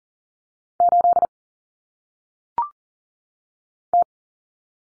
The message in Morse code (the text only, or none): 8 T